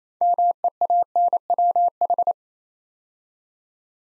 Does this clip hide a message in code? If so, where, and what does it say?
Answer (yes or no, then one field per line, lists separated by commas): yes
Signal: Morse code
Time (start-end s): 0.2-2.3 s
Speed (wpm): 27 wpm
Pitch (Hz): 700 Hz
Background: none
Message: MEANWH